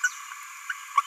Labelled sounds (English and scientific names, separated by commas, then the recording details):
Green-rumped Parrotlet (Forpus passerinus) babbling
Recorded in a nest box in Venezuela
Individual 18B17A3